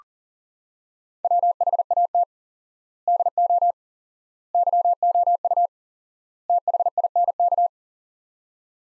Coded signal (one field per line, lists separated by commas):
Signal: Morse code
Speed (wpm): 40 wpm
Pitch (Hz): 700 Hz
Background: none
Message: WHAT DO YOU THINK